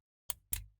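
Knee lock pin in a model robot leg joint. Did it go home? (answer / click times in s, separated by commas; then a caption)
yes / 0.3 s, 0.5 s. A spring-loaded knee lock pin is pushed into the knee joint of a 1:3 scale plastic and metal RoboCop model leg. Two sharp clicks sound at 0.3 s and 0.5 s, and the knee lock seats in its locked position.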